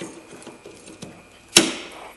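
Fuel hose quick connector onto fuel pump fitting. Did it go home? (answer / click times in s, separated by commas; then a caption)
yes / 1.6 s. A fuel hose quick-connect coupling is pushed back onto the pump fitting of a 2002 Mustang, with a few faint taps and handling noises before it. At 1.6 s a sharp, loud snap rings out as the connector seats home, and the lock clip is then put back on to hold it in place.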